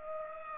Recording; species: mosquito wingbeat signal from an infrared sensor; Culex pipiens